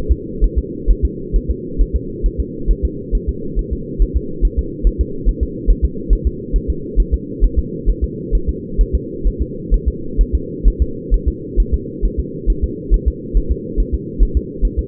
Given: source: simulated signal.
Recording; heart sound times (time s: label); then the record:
fetal heart sounds
0.12 s: S2
0.44 s: S1
0.58 s: S2
0.91 s: S1
1.05 s: S2
1.36 s: S1
1.50 s: S2
1.81 s: S1
1.96 s: S2
2.26 s: S1
2.40 s: S2
2.71 s: S1
2.85 s: S2
3.15 s: S1
3.29 s: S2
3.59 s: S1
3.73 s: S2
4.02 s: S1
4.17 s: S2
4.45 s: S1
4.59 s: S2
4.87 s: S1
5.01 s: S2
5.29 s: S1
5.43 s: S2
5.71 s: S1
5.85 s: S2
6.13 s: S1
6.27 s: S2
6.56 s: S1
6.70 s: S2
7.00 s: S1
7.14 s: S2
7.44 s: S1
7.59 s: S2
7.90 s: S1
8.04 s: S2
8.35 s: S1
8.49 s: S2
8.81 s: S1
8.95 s: S2
9.27 s: S1
9.42 s: S2
9.74 s: S1
9.88 s: S2
10.21 s: S1
10.35 s: S2
10.68 s: S1
10.82 s: S2
11.14 s: S1
11.28 s: S2
11.60 s: S1
11.74 s: S2
12.05 s: S1
12.20 s: S2
12.50 s: S1
12.64 s: S2
12.94 s: S1
13.08 s: S2
13.37 s: S1
13.52 s: S2
13.80 s: S1
13.95 s: S2
14.23 s: S1
14.37 s: S2
14.65 s: S1
14.79 s: S2
From the record:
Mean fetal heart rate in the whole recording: 135 bpm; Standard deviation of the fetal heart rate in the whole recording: 3 bpm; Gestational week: 36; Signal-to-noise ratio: -4.3 dB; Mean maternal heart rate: 72 bpm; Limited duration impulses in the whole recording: absent